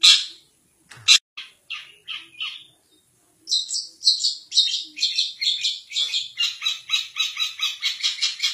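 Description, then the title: Long-tailed shrike song: irregular scratchy notes with pauses, then a steady, rapid series of harsh rasping notes. "Cendet"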